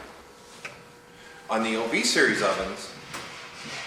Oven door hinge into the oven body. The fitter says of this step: on the xaf series ovens you'll hear a light snap